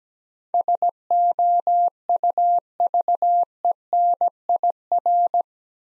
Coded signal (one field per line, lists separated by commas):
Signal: Morse code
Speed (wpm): 17 wpm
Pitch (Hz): 700 Hz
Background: none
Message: SOUVENIR